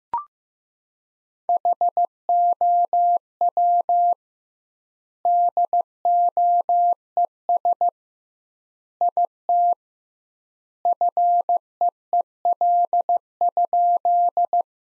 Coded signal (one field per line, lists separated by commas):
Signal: Morse code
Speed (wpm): 15 wpm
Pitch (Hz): 700 Hz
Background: none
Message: HOW DOES IT FEEL?